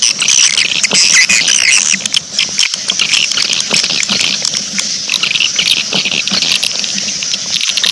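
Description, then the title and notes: Swiftlets calling together, shrill twittering and short clicks crowding each other nonstop, over a faint low drone. Swiftlet farming sound from Asia. "Swiflet Bird Sound. Farming Swiflet Bird asia sound"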